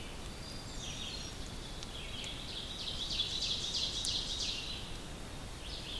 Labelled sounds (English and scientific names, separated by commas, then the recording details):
Ovenbird (Seiurus aurocapilla) song
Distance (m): 50 m
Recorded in boreal forest in Alberta, Canada, on 2 June 2016 at 05:35
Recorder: SongMeter 3, array SBT-3-7
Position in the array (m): 91 m, 143 m
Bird 5